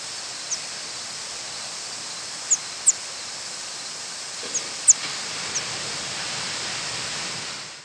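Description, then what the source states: Northern parula giving tiny, very high thin notes, a couple standing out clearly, against a steady broad hiss. Nocturnal flight call.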